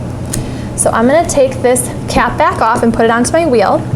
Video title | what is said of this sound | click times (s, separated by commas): Assembly of 09960 Badger Basket Three Wheel Doll Jogging Stroller | it's all the way at the bottom push real hard and it'll give us a nice click which means it's locked into place so | 0.3 s